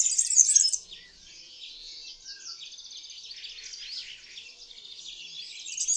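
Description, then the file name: European serin giving a long, shrill, tinkling twitter of rapid notes, louder at the start and end with a softer run in between. "KULCZYK"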